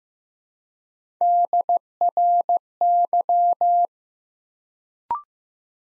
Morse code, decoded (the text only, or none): DRY